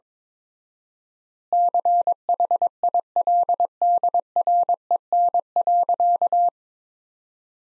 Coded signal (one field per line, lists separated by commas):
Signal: Morse code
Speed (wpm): 22 wpm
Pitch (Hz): 700 Hz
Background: none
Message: CHILDREN.